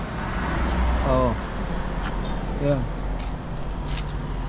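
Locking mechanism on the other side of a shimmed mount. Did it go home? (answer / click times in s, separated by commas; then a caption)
yes / 4.1 s. Someone talks as the locking mechanism on the other side of a shimmed mount, also shimmed with washers, is engaged over steady vehicle and traffic background noise. One sharp click is heard at 4.1 seconds as the second side lock clicks into place and is seated.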